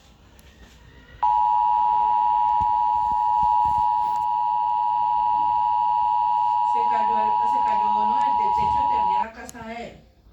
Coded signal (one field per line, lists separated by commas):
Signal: Emergency Alert System (SAME) tones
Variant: 853 and 960 Hz attention tone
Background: speech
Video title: EAS Scenario Soy Noa coronada Brodcast Youtube